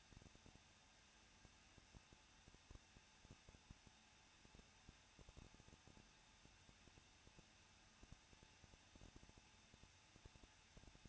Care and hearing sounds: daily activity, microphone in the room; no activity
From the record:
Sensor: 2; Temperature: 21.0 degrees Celsius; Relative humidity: 37.6%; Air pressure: 1006.3 hPa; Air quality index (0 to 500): 224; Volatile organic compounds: 25 ppm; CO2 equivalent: 2848 ppm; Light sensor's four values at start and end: 2/3/2/2 and 2/3/2/2

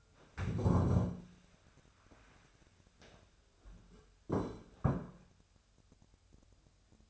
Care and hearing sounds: daily activity, microphone in the room; stand up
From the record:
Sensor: 2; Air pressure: 1015.1 hPa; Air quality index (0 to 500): 169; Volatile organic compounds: 9 ppm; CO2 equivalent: 2196 ppm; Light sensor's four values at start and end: 12/33/13/14 and 12/33/12/14

